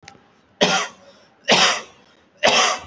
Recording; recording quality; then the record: shallow voluntary cough; excellent, no background noise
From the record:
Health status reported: respiratory illness, not identified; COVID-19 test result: negative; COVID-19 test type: RT-PCR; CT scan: taken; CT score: 0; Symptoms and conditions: cold, breathing difficulty, fatigue, muscle pain, chronic lung disease, another respiratory illness, hypertension, another condition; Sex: male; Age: 32 years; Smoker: no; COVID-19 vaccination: one dose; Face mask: worn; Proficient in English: yes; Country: India